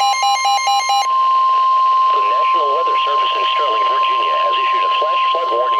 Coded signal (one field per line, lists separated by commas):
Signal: Emergency Alert System (SAME) tones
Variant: 1050 Hz attention tone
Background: speech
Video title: Flash Flood Warning for Baltimore [EAS 197/198] | NOAA Weather Radio (6/1/2012)